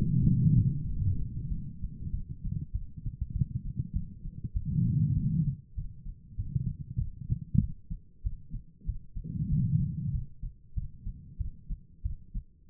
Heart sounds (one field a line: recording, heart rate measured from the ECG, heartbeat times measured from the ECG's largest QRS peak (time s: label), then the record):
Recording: heart sounds by stethoscope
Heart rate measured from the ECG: 96 bpm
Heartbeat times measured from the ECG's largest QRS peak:
0.22 s: heartbeat
0.86 s: heartbeat
1.49 s: heartbeat
2.11 s: heartbeat
2.73 s: heartbeat
3.33 s: heartbeat
3.93 s: heartbeat
4.54 s: heartbeat
5.15 s: heartbeat
5.75 s: heartbeat
6.36 s: heartbeat
6.98 s: heartbeat
7.61 s: heartbeat
8.23 s: heartbeat
8.86 s: heartbeat
9.49 s: heartbeat
10.12 s: heartbeat
10.74 s: heartbeat
11.38 s: heartbeat
12.03 s: heartbeat
12.70 s: heartbeat
From the record:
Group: healthy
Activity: cold pressor test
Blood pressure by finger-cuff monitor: 138/98 mmHg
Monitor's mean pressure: 116 mmHg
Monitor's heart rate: 97 bpm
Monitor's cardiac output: 5.1 L/min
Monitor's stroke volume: 53 mL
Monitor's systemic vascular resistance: 1640 dyn s/cm5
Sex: female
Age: 51 years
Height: 162 cm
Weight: 70.04 kg